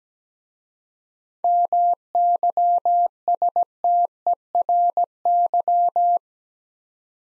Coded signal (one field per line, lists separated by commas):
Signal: Morse code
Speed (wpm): 17 wpm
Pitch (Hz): 700 Hz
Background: none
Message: MYSTERY